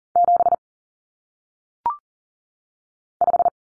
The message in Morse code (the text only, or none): 7 5